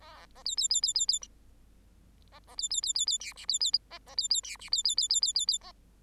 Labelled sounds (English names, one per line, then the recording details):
Bengalese Finch song
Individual Bird8